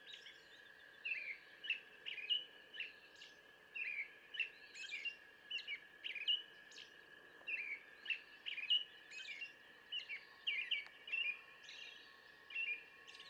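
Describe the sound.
Brown thrasher song: many short varied phrases over steady background noise and a faint steady tone.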